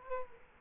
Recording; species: mosquito wingbeat signal from an infrared sensor; Culex quinquefasciatus